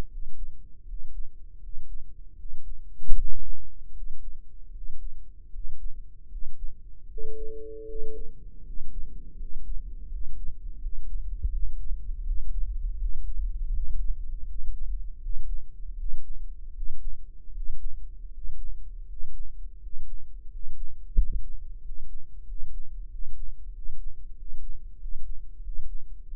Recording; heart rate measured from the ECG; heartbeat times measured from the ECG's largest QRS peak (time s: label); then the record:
heart sounds by microphone in the right ear; 83 bpm
0.06 s: heartbeat
0.83 s: heartbeat
1.58 s: heartbeat
2.34 s: heartbeat
3.13 s: heartbeat
3.91 s: heartbeat
4.70 s: heartbeat
5.49 s: heartbeat
6.27 s: heartbeat
7.06 s: heartbeat
7.84 s: heartbeat
8.61 s: heartbeat
9.35 s: heartbeat
10.07 s: heartbeat
10.77 s: heartbeat
11.49 s: heartbeat
12.22 s: heartbeat
12.96 s: heartbeat
13.70 s: heartbeat
14.44 s: heartbeat
15.18 s: heartbeat
15.95 s: heartbeat
16.71 s: heartbeat
17.50 s: heartbeat
18.28 s: heartbeat
19.03 s: heartbeat
19.76 s: heartbeat
20.46 s: heartbeat
21.14 s: heartbeat
21.79 s: heartbeat
22.43 s: heartbeat
23.06 s: heartbeat
23.70 s: heartbeat
24.33 s: heartbeat
24.96 s: heartbeat
25.59 s: heartbeat
26.24 s: heartbeat
From the record:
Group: healthy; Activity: rest 0-9 s, breath hold 9-26 s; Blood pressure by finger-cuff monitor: 99/67 mmHg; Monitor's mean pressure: 76 mmHg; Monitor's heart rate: 80 bpm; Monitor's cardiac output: 6.6 L/min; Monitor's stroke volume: 85 mL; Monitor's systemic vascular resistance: 820 dyn s/cm5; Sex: male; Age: 23 years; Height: 178 cm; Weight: 96.6 kg